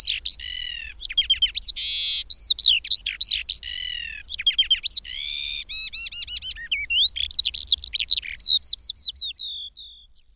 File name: Mezei pacsirta